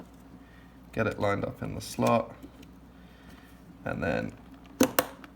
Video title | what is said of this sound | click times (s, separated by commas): First PC Build - Part 1 - Northumbria Horror Society | click it into place like that | 5.0 s